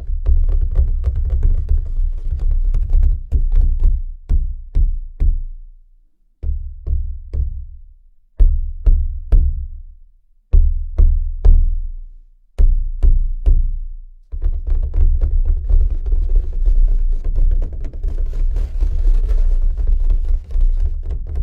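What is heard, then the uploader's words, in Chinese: A drum is beaten in deep, booming strokes, separate hits with short pauses midway, then a dense, continuous roll over the last third. 敲鼓声。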